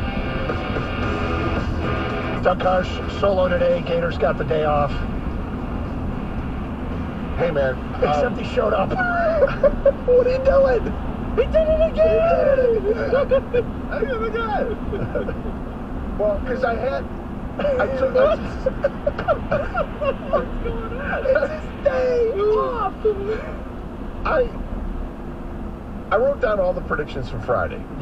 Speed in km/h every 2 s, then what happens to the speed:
98, 98, 101, 101, 101, 100, 98, 95, 90, 87, 85, 82, 79, 76.
0-9 steady at about 101. 9-28 slows to 76.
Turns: none.